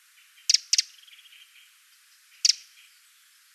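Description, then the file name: Eurasian wren giving a few hard, clicking ticks, with faint softer notes between them. "Troglodytes troglodytes"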